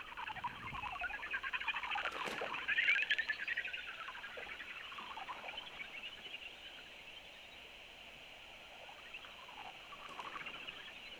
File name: greater horseshoe bats